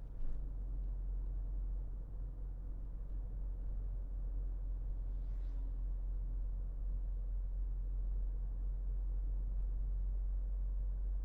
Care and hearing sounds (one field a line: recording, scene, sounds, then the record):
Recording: everyday scene through a hearing-aid microphone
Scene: in a vehicle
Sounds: engine, highway driving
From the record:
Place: Berlingo II, diesel engine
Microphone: behind the ear, left, rear